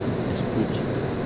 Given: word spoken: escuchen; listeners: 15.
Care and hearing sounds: one Spanish word in noise, from a listening test; speech-shaped noise; -6.2 dB; 0 of 15; 8 of 15; 0.86 s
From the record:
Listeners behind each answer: 8, 5, 1, 1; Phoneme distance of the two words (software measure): 17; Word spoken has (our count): 3 syllables, 7 phonemes, stress on syllable 2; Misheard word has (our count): 3 syllables, 6 phonemes, stress on syllable 2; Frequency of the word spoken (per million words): 1.59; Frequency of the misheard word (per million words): 25.95

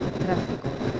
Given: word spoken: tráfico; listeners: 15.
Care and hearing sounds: one Spanish word in noise, from a listening test; noise modulated by three-talker babble; -3.9 dB; 5 of 15; 9 of 15; 0.60 s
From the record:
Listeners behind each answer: 9, 5, 1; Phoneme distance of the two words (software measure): 10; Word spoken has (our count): 3 syllables, 7 phonemes, stress on syllable 1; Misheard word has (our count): 3 syllables, 7 phonemes, stress on syllable 1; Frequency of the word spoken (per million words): 58.66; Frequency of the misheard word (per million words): 10.85

